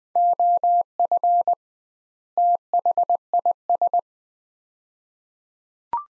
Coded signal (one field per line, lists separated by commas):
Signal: Morse code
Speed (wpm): 20 wpm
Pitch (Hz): 700 Hz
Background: none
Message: OF THIS